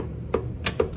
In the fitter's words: three at three clicks it should be locked down